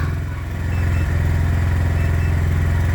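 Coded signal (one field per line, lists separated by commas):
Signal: none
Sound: device beeps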